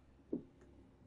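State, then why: Not seated. The ramp door handle lever on a 2025 Newmar Canyon Star is handled as it is pushed toward its latch, making a brief low-pitched bump at about 0.3 s over quiet background noise. The lever has not yet snapped into its latch, and nothing has seated or clicked.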